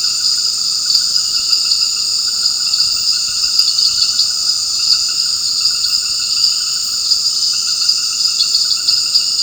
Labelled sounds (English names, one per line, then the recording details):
none
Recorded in dense forest near Puerto Asís, Putumayo, Colombia, on 9 March 2025 at 18:30
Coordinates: 0.486, -76.317
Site G053